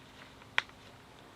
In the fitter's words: you snap it in you hear a click and